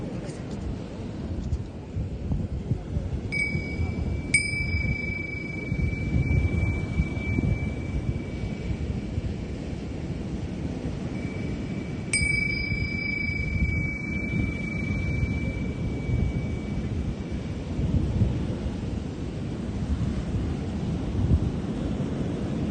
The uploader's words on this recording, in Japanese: メキシコから シンギングボウルのサウンドヒーリング ライブ。